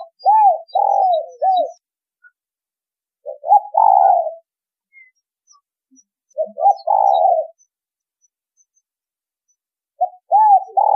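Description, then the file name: Spotted dove calling in repeated coo phrases of short arched notes and a longer burred note, separated by pauses of a couple of seconds. Vietnamese cooing style called giọng thổ đồng. "Tieng cu gay giong tho dong"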